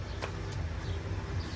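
While pulling the engine from a 2017 WRX STI, a bolt in the engine bay is turned with a tool and slips as it strips. A single sharp hit sounds at 0.2 s over a steady low hum. The bolt is stripped.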